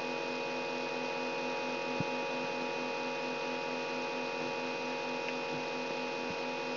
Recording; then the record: brain microelectrode recording played as sound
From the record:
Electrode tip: outside the subthalamic nucleus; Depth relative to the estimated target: -8 mm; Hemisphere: left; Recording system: AlphaMap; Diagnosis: Parkinson's disease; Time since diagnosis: 12 years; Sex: female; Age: 65 years